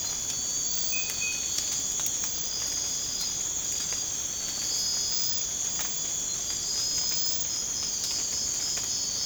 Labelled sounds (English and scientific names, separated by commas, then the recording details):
none
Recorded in secondary vegetation near Puerto Asís, Putumayo, Colombia, on 19 March 2025 at 02:30
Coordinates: 0.485, -76.322
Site G040